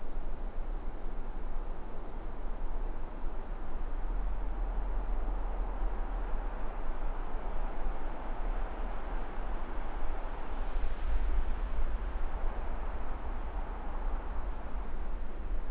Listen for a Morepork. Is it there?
no